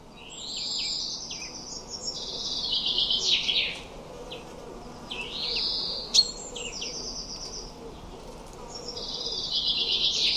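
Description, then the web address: Common chaffinch song phrases, high and trilled with sweeping end notes, repeated every few seconds. "cianscape birddata Deverinetal 2025 File origin Bird Only Fr Co"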